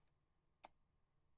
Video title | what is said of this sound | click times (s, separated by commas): Comment réaliser une vidéo [2/4] : installation du matériel | l'insérer dans le boîtier comme ceci jusqu'au clic en | 0.7 s